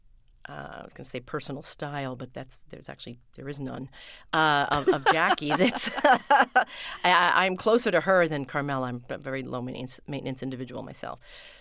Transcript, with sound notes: I was going to say personal style, but that's - there's actually - there is none of Jackie's. It's...
(LAUGHTER)
I'm closer to her than Carmela. I'm a very low-maintenance individual myself.